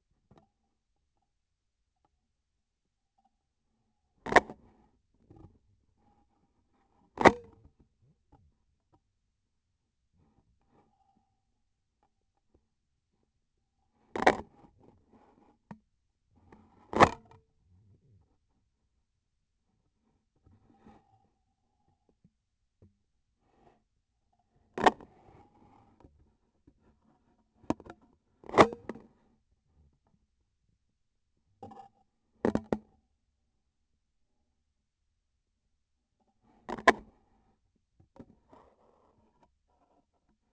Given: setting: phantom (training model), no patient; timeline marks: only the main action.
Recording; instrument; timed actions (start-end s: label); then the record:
laparoscopic instrument, vibration sensor on the handle end; scissors
7.06-7.62 s: cutting PTFE tape
16.79-17.22 s: cutting PTFE tape
28.36-28.80 s: cutting PTFE tape
From the record:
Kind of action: gesture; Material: PTFE tape